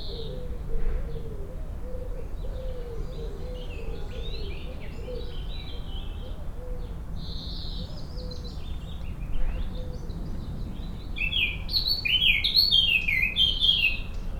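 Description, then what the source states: Common blackbird calls and chirps, a string of short, high twittering notes that grows busier toward the end, over a steady low rumble. Recorded on Rue Henri Jomain, Niévroz.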